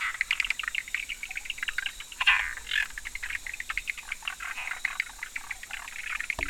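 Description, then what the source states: Frogs calling in a dense chorus of rapid, overlapping clicks and chirps, with one louder burst just after two seconds. 11 October 2019, in the evening between 18:00 and 20:00.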